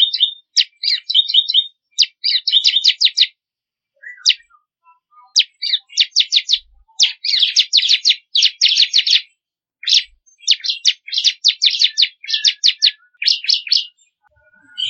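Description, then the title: Bar-winged prinia song: high, quick repeated notes in rattling bursts of varying length, with short pauses and a few isolated chips in between. Song of the type called kristal (crystal). "ciblek kristal"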